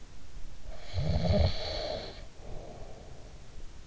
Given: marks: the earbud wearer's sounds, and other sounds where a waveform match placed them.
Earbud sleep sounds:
sounds in sleep by an in-ear microphone; snoring breath
0.27-3.59 s: snoring breath

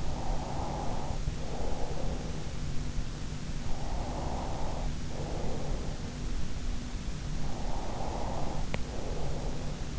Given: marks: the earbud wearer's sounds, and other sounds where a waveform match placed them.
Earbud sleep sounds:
sounds in sleep by an in-ear microphone; breath
0.00-2.17 s: breath
3.80-5.98 s: breath
7.40-9.91 s: breath

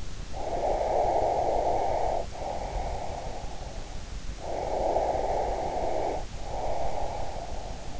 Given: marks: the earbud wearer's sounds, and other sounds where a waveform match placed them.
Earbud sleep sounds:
sounds in sleep by an in-ear microphone; breath
0.62-3.72 s: breath
4.32-8.00 s: breath

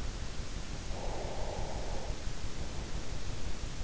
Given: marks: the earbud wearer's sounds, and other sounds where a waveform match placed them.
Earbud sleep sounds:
sounds in sleep by an in-ear microphone; breath
0.73-3.37 s: breath

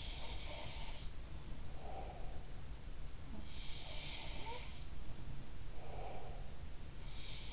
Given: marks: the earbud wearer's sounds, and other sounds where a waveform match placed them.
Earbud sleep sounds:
sounds in sleep by an in-ear microphone; breath
0.00-1.21 s: sound from someone else or the room
1.41-2.57 s: breath
3.57-4.74 s: sound from someone else or the room
5.03-6.52 s: breath

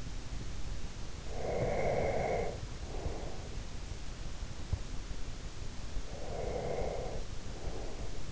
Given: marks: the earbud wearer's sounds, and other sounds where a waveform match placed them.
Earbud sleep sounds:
sounds in sleep by an in-ear microphone; breath
1.21-3.75 s: breath
5.96-8.32 s: breath

